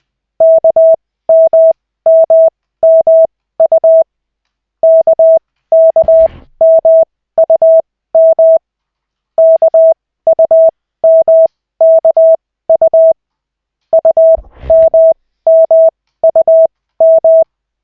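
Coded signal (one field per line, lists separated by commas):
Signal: Morse code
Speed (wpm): 20 wpm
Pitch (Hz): 650 Hz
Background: none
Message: KMMMU KKMUM KUMKU UMMUM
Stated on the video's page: Koch method Morse practice session from the LCWO.net website, two characters at the start.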